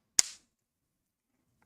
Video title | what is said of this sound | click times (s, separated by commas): Fabreeko Rook MK1 Kit - Part 3 | it is a a very tight snap | 0.2 s